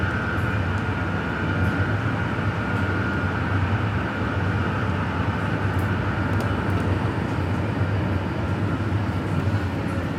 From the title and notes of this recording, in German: Abendliche Zugfahrt, ratternde Gleise. Rattern einer abendlichen Zugfahrt, kaum Menschen und viel Stille im Abteil.